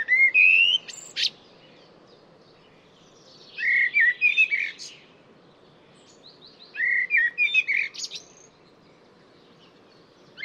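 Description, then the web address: Bird song: clear whistled notes, then two chattering, twittering phrases spaced a few seconds apart, with steady low background noise throughout. "cianscape birddata Deverinetal 2025 Bird Only Tu Me Tu Me"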